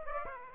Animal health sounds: mosquito wingbeat signal from an infrared sensor; Aedes aegypti

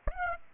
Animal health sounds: mosquito wingbeat signal from an infrared sensor; Aedes aegypti

